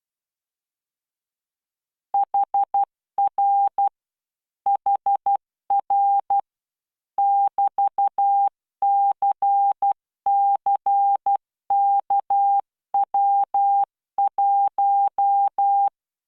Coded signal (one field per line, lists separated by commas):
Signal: Morse code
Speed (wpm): 12 wpm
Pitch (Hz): 800 Hz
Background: none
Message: HR HR <BT>CCKW1